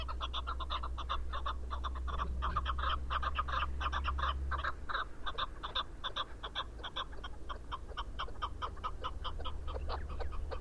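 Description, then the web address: Chukar partridge calling, rapid rasping chuck notes in a loud, continuous run for the whole stretch, above a low droning hum. "sound Chukar. صدای-کبک-چوکار"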